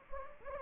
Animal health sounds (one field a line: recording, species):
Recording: mosquito wingbeat signal from an infrared sensor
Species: Anopheles gambiae